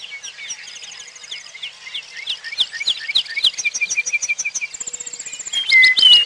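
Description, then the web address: Bird calls: many high, quick chirps and short trills, growing denser and louder toward the end, with a clear whistled note near the close. "Peterson North American Birds. hapr"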